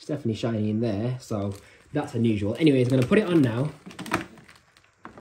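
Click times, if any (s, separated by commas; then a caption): 5.1 s. Someone talks, then fits the lower hook end of the plastic hose onto the body of a brand-new, new-old-stock Dyson Dual Cyclone upright vacuum cleaner and pushes it home. A few small handling taps follow, then a sharp click at 5.1 s as the hose locks securely into place.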